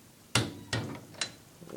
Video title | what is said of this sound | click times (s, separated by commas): Briggs and stratton head gasket replace pt.4 | go you just do it till it clicks down all | 0.4 s